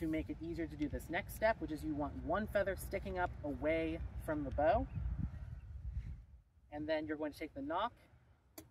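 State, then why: Seated. A man talks while fitting an arrow, with one feather turned up away from the bow, then pushes the arrow's plastic nock onto the bowstring. A single sharp tick at 8.6 s marks the nock snapping onto the string, and it is seated. The snap may not be audible when the nock is wider than the string.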